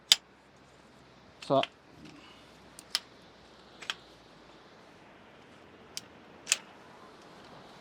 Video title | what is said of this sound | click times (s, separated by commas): 2023 - May // Downhill Beach - Must HAVE Chair Review | I'll just grabbed the biggest middle one you can hear it already starting to just click into place | 0.1 s